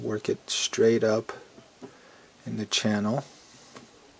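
Someone talks while an internal part is worked straight up into the channel of a Kahr CW9 pistol slide during reassembly, with faint handling sounds underneath. The part has not clicked or seated yet.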